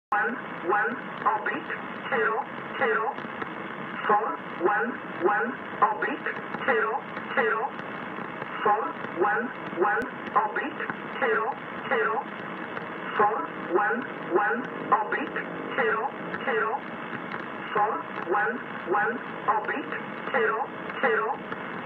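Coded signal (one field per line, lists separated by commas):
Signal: numbers station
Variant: E11 (Oblique)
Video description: Numbertation E11, empfangen am 04.01.2018, um 17.30 UTC, mit Sommerkamp (Yaesu) FRG 7700 und Grundig Satellit 500 in Buseck Germany.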